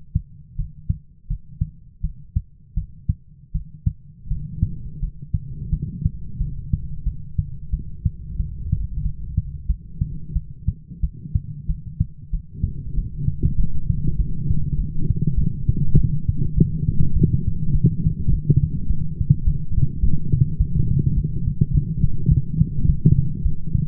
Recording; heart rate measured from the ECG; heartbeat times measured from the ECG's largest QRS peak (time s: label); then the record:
heart sounds by stethoscope; 94 bpm
0.56 s: heartbeat
1.28 s: heartbeat
2.02 s: heartbeat
2.75 s: heartbeat
3.52 s: heartbeat
4.28 s: heartbeat
5.00 s: heartbeat
5.70 s: heartbeat
6.38 s: heartbeat
7.04 s: heartbeat
7.70 s: heartbeat
8.37 s: heartbeat
9.03 s: heartbeat
9.67 s: heartbeat
10.34 s: heartbeat
11.01 s: heartbeat
11.67 s: heartbeat
12.31 s: heartbeat
12.95 s: heartbeat
13.56 s: heartbeat
14.17 s: heartbeat
14.76 s: heartbeat
15.35 s: heartbeat
15.95 s: heartbeat
16.55 s: heartbeat
17.14 s: heartbeat
17.73 s: heartbeat
18.30 s: heartbeat
18.88 s: heartbeat
19.45 s: heartbeat
20.01 s: heartbeat
20.58 s: heartbeat
21.15 s: heartbeat
21.72 s: heartbeat
22.29 s: heartbeat
22.87 s: heartbeat
23.43 s: heartbeat
From the record:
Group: healthy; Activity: rest 0-15 s, light exercise 15-24 s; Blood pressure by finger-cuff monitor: 147/87 mmHg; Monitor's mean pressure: 108 mmHg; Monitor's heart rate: 94 bpm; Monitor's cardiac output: 8 L/min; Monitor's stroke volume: 88 mL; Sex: female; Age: 22 years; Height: 161 cm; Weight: 65.5 kg